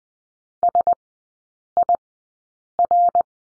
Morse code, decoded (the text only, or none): SIR